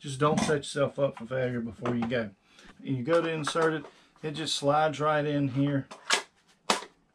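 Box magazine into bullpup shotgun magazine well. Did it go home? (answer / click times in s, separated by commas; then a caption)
yes / 6.7 s. Someone talks while a box magazine is slid into the magazine well of a GForce Arms GFZ 12 gauge bullpup shotgun. A short sliding sound follows the talking, then a sharp click at 6.7 s as the magazine snaps into position and is seated.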